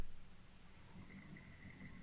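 A faint, low rumbling snore from a man lying down rises partway through, with a thin high hiss in the background.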